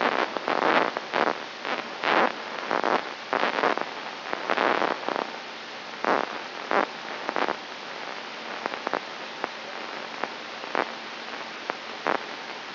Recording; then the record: brain microelectrode recording played as sound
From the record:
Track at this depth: inside the subthalamic nucleus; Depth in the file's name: 3.741 mm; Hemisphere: right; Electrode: 3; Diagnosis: Parkinson's disease